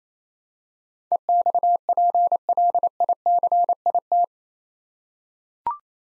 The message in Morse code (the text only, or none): EXPLICIT